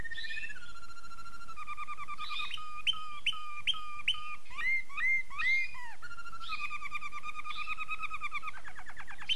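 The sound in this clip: Domestic canary song of varied phrases: a drawn-out whistle, clipped repeated notes, rising slurs and a closing burst of quick descending notes.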